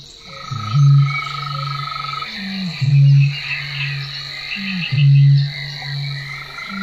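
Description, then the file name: Eurasian bittern booming, three deep resonant booms spaced about two seconds apart, each preceded by a short grunt, with a steady high hum behind. "BĄK"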